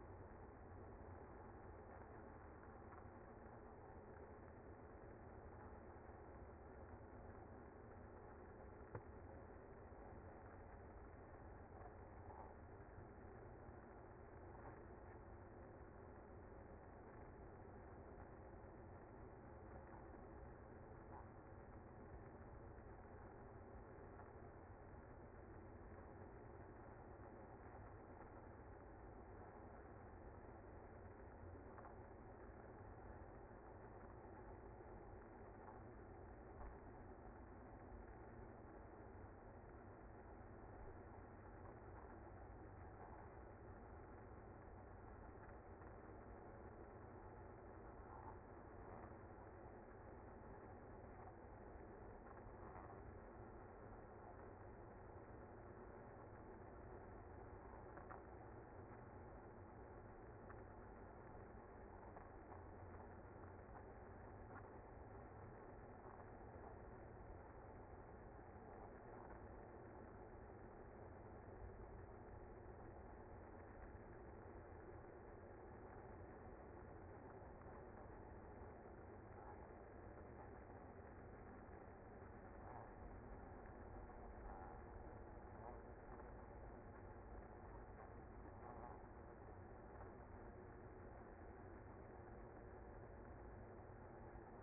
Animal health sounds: honeybee colony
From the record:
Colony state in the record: active

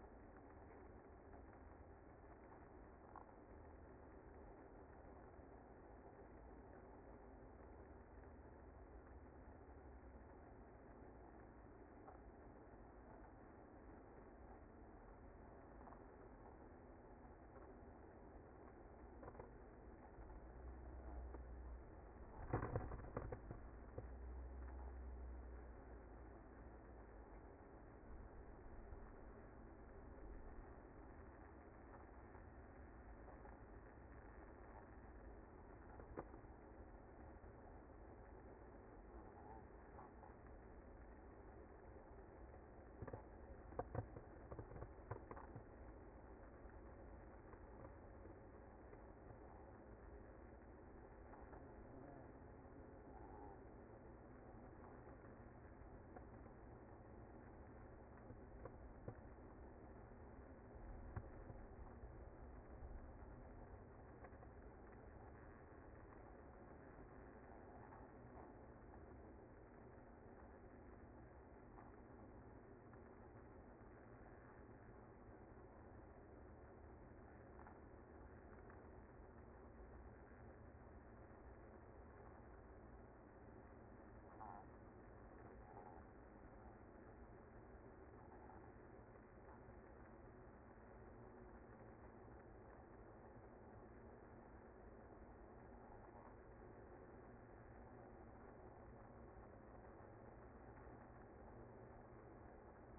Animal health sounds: honeybee colony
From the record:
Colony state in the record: active

